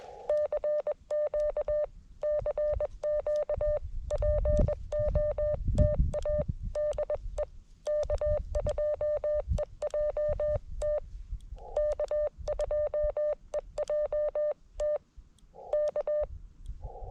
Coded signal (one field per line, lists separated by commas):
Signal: Morse code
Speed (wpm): 21 wpm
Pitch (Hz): 590 Hz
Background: none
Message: CQ CQ POTA DE K2EJT K2EJT K